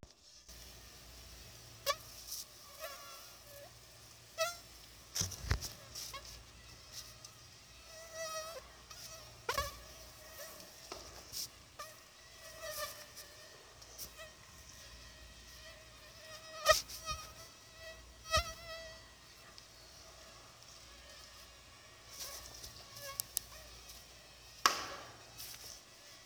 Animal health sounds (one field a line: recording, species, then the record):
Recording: mosquito flight sound by mobile phone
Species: Anopheles arabiensis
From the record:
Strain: Dongola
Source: CDC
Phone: Sony Xperia